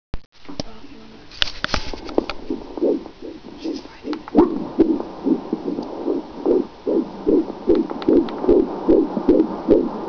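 Rapid, regular muffled heartbeat at roughly 145 beats per minute. It is softer and more irregular in the first few seconds, then settles into a steady rhythm, faster than a typical resting adult rate.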